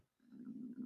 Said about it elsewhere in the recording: My stomach growling because like my microphone is right down by my stomach.